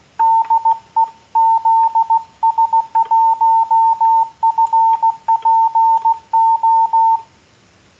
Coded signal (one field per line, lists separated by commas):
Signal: Morse code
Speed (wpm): 16 wpm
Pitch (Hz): 900 Hz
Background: none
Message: DE ZS1FPO